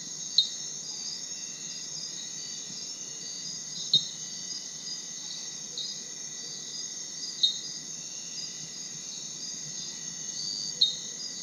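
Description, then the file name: Common dink frog calls: single short, sharp high 'dink' notes about every three and a half seconds over a steady, shrill insect chorus. "Diasporus-diastema calling"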